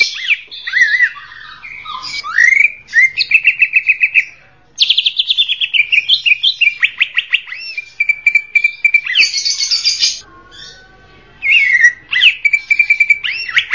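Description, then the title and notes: Greater green leafbird song with sustained buzzy notes, fast repeated chip series and slurred whistles, briefly pausing twice before resuming. Local name cucak ijo; described as a champion songbird. "Kicau Burung Cucak Ijo Juara. Suara kicauan burung cucak ijo"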